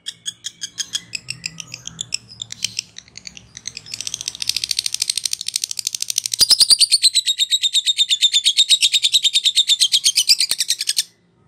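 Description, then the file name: Lovebird chattering song: rapid shrill chirps, fairly regular at first, speeding up after four seconds into a dense, continuous high trill that runs to the end, then stops abruptly. Lovebird giving its ngekek song. "suara burung lovebird ngekek"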